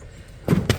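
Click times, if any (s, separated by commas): 0.7 s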